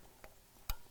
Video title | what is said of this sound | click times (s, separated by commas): LS ENGINE MARINE CONVERSION: Installing the Coils and Plug Wires | snaps right in place | 0.7 s